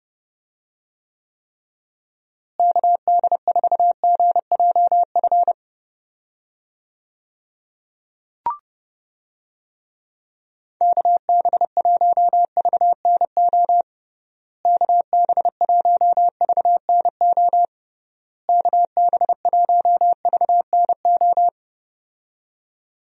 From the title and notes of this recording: USA Call Signs - 6 Characters - Repeated 3x - 30wpm. First, the call sign is sent three times in Morse code. Finally, it is sent again in More code.